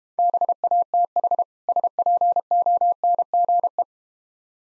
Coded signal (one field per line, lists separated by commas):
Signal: Morse code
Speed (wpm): 32 wpm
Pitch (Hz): 700 Hz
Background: none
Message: BATH SPONGE